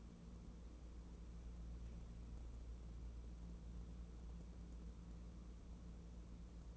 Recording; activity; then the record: daily activity, microphone in the room; wipe stove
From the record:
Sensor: 1